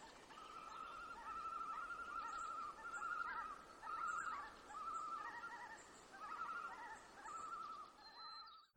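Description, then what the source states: Common Loon tremolo: quavering, cackling calls in several rapid bursts, one after another. Tremolo, a cackling call usually given when the loon is disturbed or threatened, such as near its nest or when surprised; the loon is not happy.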